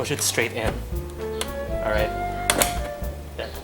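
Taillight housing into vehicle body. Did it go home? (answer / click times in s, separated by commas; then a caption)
yes / 2.5 s. A Toyota Fortuner taillight housing is pushed straight into the grooves of the vehicle body while someone talks over background music. A sharp snap at 2.5 s marks the housing seating into place.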